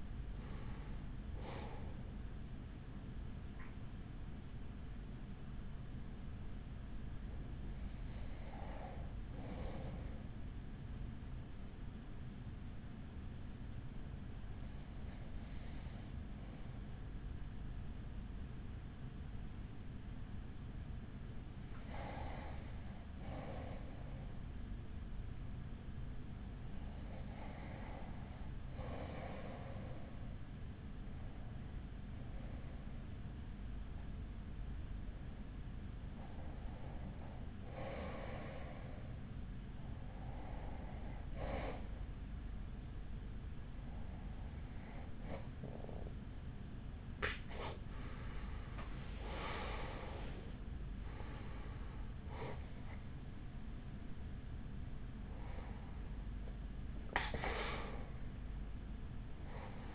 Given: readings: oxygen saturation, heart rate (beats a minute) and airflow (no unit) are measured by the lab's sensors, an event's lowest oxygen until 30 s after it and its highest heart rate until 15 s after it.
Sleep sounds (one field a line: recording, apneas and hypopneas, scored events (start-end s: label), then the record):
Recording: breathing in sleep by a smartphone at the bedside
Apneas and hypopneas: 1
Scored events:
5.00-28.30 s: hypopnea (N1, oxygen 96% highest, then 93% lowest, heart rate 65 at the start, 65 highest)
16.00-59.95 s: new sleep stage, REM sleep
From the record:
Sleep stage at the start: N1 (lightest sleep)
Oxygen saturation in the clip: 92 to 96%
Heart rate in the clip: 41 to 65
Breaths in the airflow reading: 13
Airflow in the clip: -8.8 to 7.9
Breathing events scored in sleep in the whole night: 207 in 7.6 hours asleep